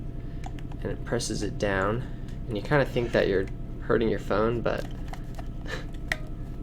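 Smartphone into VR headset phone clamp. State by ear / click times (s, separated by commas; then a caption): seated / 6.1 s. A Samsung Note 5 phone is pressed down into the spring-loaded holder on the front of a Samsung Gear VR headset while someone talks, with a few faint taps and clicks along the way. At 6.1 s the clamp catches the phone with a sharp click, seating it in place and holding it snugly.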